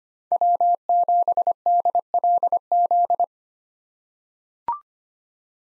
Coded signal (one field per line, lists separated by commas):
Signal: Morse code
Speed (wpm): 25 wpm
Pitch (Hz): 700 Hz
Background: none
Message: W7DLZ